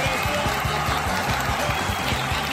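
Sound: applause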